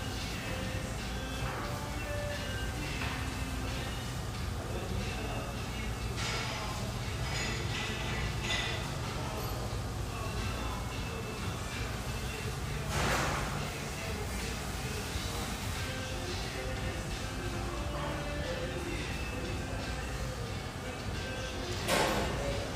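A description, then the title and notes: A steady hum of voices fills an espresso house near the Vancouver riverfront, with overlapping talk and a constant low rumble underneath. Brief clatters and bright clinks of cups or dishes break through now and then, sharpest around 13 and 22 seconds. The pleasant hum in this lovely espresso house near the Vancouver riverfront.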